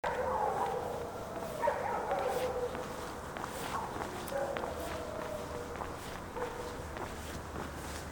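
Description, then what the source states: Dogs howling together, wavering drawn-out tones over steady background noise. Several dogs howling, Kosuyolu, 26 February 2020.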